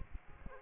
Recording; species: mosquito wingbeat signal from an infrared sensor; Aedes aegypti